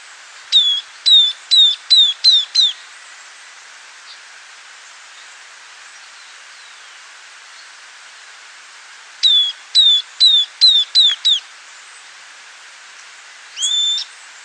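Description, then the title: Southern Beardless Tyrannulet singing two quick bursts of about six high, down-slurred whistles each, separated by a long pause, then one lone whistle near the end; soft hiss throughout. Subspecies sclateri. "LuckyPassaro Completos2Sama. Southern Beardless Tyrannulet (Camptostoma obsoletum sclateri)"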